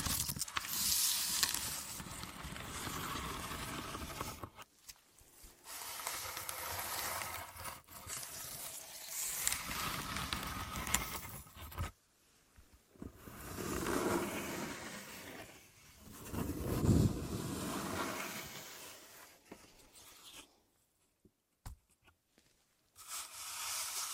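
Deep ear crinkles with a scratchy, clicky texture, rushing in dense bursts that fill the low and bright ranges alike. The sound stops abruptly several times, with near-silent gaps around 5, 12 and 21 seconds, and one strong thump-like swell near 17 seconds.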